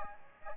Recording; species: mosquito wingbeat signal from an infrared sensor; Aedes aegypti